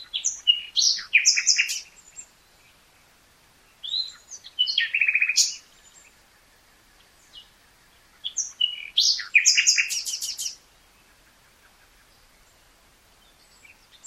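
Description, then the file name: Common nightingale song: three loud phrases of varied whistles, chirps and rapid trills, spaced with short quiet gaps. "Luscinia megarhynchos"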